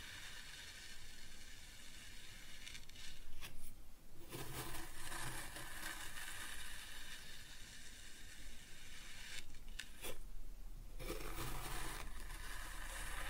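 Kinetic sand is cut and scooped in a steady, grainy rustle that fills the whole clip. The texture is dense and crackly, with brighter swishes around four and ten seconds, each followed by a brief lull, and a soft low hum underneath.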